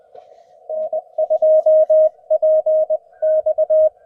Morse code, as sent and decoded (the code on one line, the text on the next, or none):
-. ..--- .--. -..-
N2PX